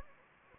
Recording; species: mosquito wingbeat signal from an infrared sensor; Anopheles gambiae